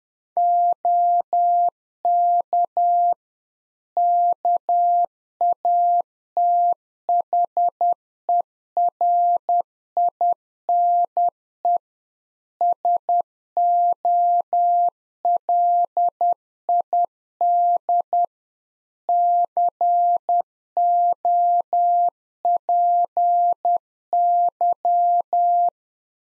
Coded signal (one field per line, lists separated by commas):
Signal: Morse code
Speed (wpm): 10 wpm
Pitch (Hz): 700 Hz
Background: none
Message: OK KATHERINE SOLID COPY